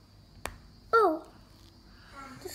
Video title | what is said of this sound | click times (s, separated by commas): opening kinder surprise eggs mở socola hình quả trứng | snaps right in it. | 0.5 s